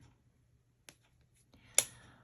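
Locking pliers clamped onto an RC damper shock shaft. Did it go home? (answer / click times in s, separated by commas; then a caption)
yes / 1.8 s. Locking pliers are clamped onto the metal shock shaft of an RC damper while assembling the damper stays for a Tamiya XV-02 Pro Rally Kit 58707. After a faint tick at 0.9 s and soft handling from 1.5 s, the toggle snaps shut with a sharp click at 1.8 s that rings briefly. The pliers are locked on the shaft and it is not moving.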